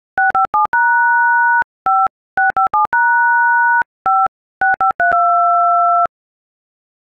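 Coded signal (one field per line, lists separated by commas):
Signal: DTMF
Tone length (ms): 150 ms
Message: 657#5657#56532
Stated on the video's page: Tones from an iPhone keypad playing the Star Wars theme.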